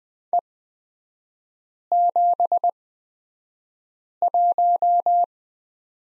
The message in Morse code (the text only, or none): E71